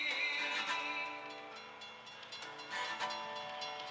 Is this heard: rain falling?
no